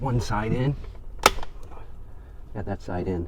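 A plastic cover with a sensor is snapped into place one side at a time on the swivel screen bracket or dash of a Tesla Model 3 or Model Y while someone talks. A loud, sharp snap is heard at 1.3 s as one side of the cover goes in. The cover side is seated.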